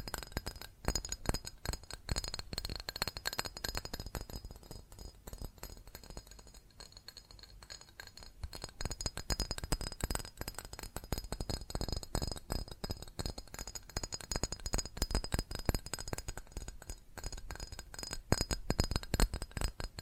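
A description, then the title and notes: Rapid, dense tapping on glass and ceramic objects, bright clinks in a steady stream, easing slightly around seven seconds. ASMR Fast Tapping on GlassCeramic Objects (No Talking).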